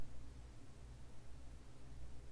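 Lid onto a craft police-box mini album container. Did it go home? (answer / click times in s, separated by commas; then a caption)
no / none. A lid is turned on a craft police-box mini album container to line up its tabs before it seats. Quiet, steady low-level noise with faint rustling handling is heard. Nothing has seated or clicked yet.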